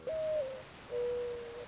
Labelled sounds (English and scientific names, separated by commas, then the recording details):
Mourning Dove (Zenaida macroura)
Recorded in Sonoma County, California